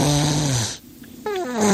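Two snoring sounds separated by about half a second of quiet: a low, buzzing, humming snore that slides downward, then a higher-pitched, more tonal snore that also falls in pitch. This is ordinary snoring from a young boy sleeping at home, snoring his mother hears every day.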